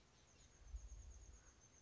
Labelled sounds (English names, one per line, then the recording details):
Chestnut-backed Chickadee
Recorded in Sonoma County, California